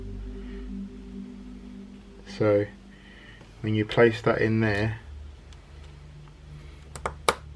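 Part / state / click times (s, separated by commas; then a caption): plastic scale model tank track part into its mating part / seated / 7.3 s. Someone talks while fitting a plastic track part of a Chieftain Mk10 scale-model tank into its mating part, guiding it onto a small locating nodule. A few faint ticks are followed by a sharp click at 7.3 s as the part seats securely in place.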